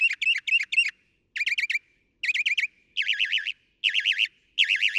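Northern mockingbird song: bright chirpy phrases, each repeated three or four times before switching to a new phrase, ending in rolling warbled trills repeated in sets.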